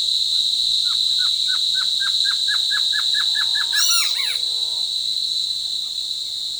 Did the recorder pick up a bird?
yes